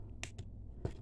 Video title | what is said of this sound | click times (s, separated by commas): Transformers Legacy Velocitron Leader Class RID2000 Scourge | you heard that click | 0.2 s